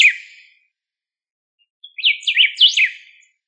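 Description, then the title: Bird calling with high, rapid zigzagging chirps: a brief note fading out at the start, then a tumbling phrase of five or six slurred notes after silence. "LuckyPassaro Completos2Sama"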